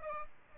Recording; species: mosquito wingbeat signal from an infrared sensor; Aedes albopictus